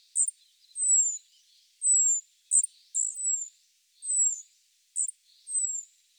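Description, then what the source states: Spotted flycatcher calls: long, thin, descending whistles about once a second, some preceded by a sharp high chip. Recorded in Sardinia.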